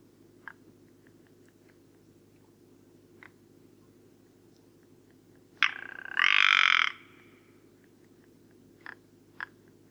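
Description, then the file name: Rock ptarmigan giving a loud, rasping rattle lasting over a second amid scattered faint clicks and brief croaking notes, with a low steady hum beneath. Recorded at Karwendelspitze on 6 July 2014. "Alpenschneehuhn. Karwendelspitze. Michle Pron"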